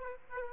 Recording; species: mosquito wingbeat signal from an infrared sensor; Aedes aegypti